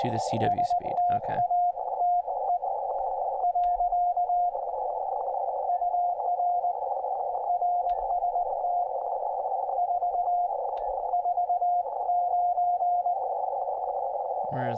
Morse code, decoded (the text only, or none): STATE. UR RST 449